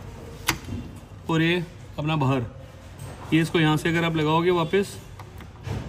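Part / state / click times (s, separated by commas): removable car door component into its door mount / not seated / none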